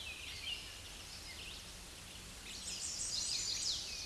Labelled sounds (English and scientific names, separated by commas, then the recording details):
Chestnut-sided Warbler (Setophaga pensylvanica) song
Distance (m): 20 m
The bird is about 10 m above the microphone
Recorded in a Pennsylvania forest on 16 May 2024 at 07:26
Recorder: AudioMoth, point MSD-0383
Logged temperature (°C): 15.3 °C
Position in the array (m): 82 m, 219 m